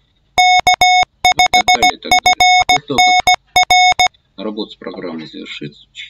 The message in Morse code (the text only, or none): K5FNR